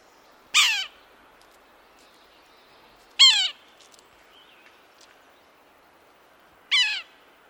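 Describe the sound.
Yellow-bellied Sapsucker giving nasal, downslurred mewing calls, three separate squealing notes spaced a few seconds apart in a quiet background.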